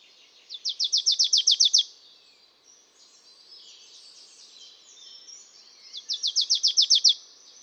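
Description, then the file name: Marsh tit producing two fast strings of high, clipped notes several seconds apart, with soft chattering in between. "Poecile palustris"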